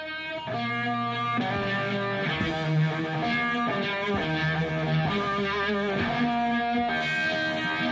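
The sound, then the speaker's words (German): A guitarist plays the Star-Spangled Banner on heavily distorted electric guitar on the last day of the Woodstock Festival, August 1969: slow, familiar anthem melody in long sustained notes, with feedback ringing over the tone, loud and steady with no voices. “Zu Beginn eines Songs intoniert der Gitarrist eine Melodie, die allen Besuchern geläufig ist.”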